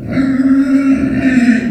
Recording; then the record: squeal of a Yucatan mini pig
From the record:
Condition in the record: after surgery on the right vocal fold (resection and tissue-engineered implant); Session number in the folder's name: 3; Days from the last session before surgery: 21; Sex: female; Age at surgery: 19 weeks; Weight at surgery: 25 kg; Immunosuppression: prednisolone